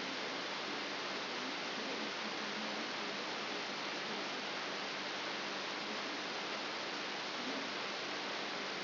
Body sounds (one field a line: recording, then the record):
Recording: brain microelectrode recording played as sound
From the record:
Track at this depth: outside the subthalamic nucleus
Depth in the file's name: 6.101 mm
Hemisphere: left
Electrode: 3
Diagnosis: Parkinson's disease